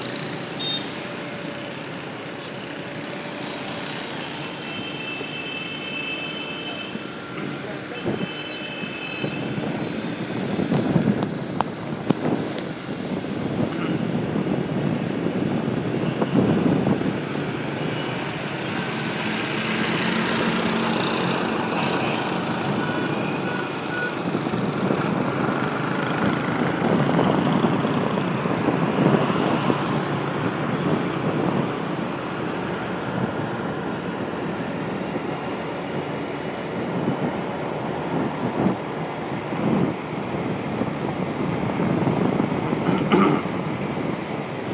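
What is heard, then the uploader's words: A ride toward an airport, with steady road and engine rumble filling the whole stretch and growing a little louder after about ten seconds. Sharp clatters and thumps break through now and then, near 11, 17, 20 and 30 seconds, over thin high tones from passing traffic. Once we get onto the main road we're just riding to Da Nang Airport.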